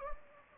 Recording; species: mosquito wingbeat signal from an infrared sensor; Anopheles gambiae